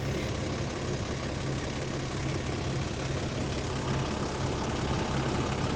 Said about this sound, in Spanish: Recuerdo perfectamente el sonido del motor, rugiendo impaciente a los pasajeros que subían o bajaban en cada uno de los pueblos.